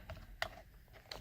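During a horn repair on a 1999 Sienna, the driver airbag module is set into the steering wheel hub and pressed into its plastic retainers. A sharp snap at 0.4 s marks the module seating in place, with fainter ticks around 0.1 s and 1.1 s. The airbag module ends up seated in the steering wheel.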